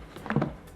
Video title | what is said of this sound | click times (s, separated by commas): Bissell Little Green Ultimate Review - How To Assemble, Use And Clean - Portable Carpet Cleaner | You'll hear snap when it's locked in place. | 0.3 s